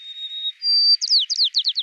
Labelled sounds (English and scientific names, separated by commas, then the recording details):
White-crowned Sparrow (Zonotrichia leucophrys) song
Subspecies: nuttalli
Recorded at Battery East, California, in 2013
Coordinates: 37.808, -122.473
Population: north
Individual beG_13